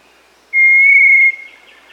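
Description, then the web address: Little Tinamou whistled call: one clear, steady, pure whistle lasting under a second. Recorded in South America. "Natures Songs S America Little Tinamou (Crypturellus soui)"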